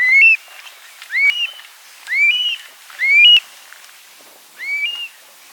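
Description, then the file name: Eurasian stone-curlew giving five loud, rising whistled notes that slur upward and break at the top, spaced roughly one second apart, over quiet background. "oedicneme criard"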